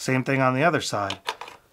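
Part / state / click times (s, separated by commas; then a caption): side handle onto camera cage rail / not seated / none. Someone talks while the second side handle is being handled onto the built-in rail of a Falcam quick-release camera cage for a Sony A6700. Faint handling taps follow the speech near the end. Nothing has seated or clicked yet.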